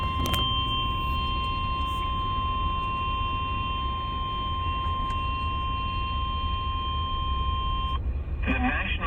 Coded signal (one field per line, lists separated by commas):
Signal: Emergency Alert System (SAME) tones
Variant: 1050 Hz attention tone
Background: speech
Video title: Tornado Warning | EAS #54